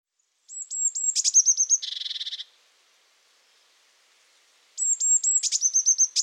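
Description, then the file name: Eurasian blue tit with high, slightly falling thin notes running into fast stuttering ticks and a harsh buzzing churr; the notes and ticks return after about two seconds of silence. "Cyanistes caeruleus"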